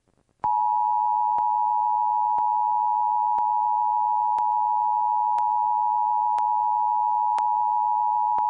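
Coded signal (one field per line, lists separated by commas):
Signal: Emergency Alert System (SAME) tones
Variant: 853 and 960 Hz attention tone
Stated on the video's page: Mock, simulated EAS test made for a satellite TV provider.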